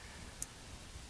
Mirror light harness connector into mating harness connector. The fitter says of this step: I heard that one click.